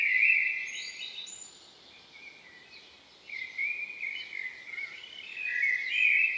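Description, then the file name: Common blackbird singing a fluty phrase, pausing, then resuming with a longer wavering warble that ends in higher squeaky notes. "Turdus merula"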